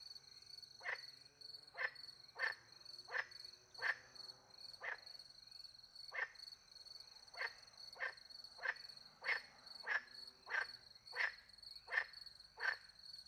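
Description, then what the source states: Frog calling with many rasping croaks throughout, while crickets chirp steadily in the background. Countryside by night beside a little pond in France, with crickets; microphones hidden in a tree near the pond; two Usi Pro microphones recorded into a MixPre-10 II.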